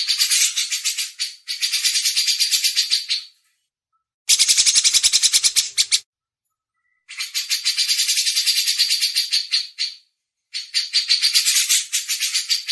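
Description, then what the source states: Grey-cheeked Bulbul delivering long rolling series of harsh buzzy notes, several bursts of a few seconds each with silent gaps between them. Cucak jenggot song used for masteran training.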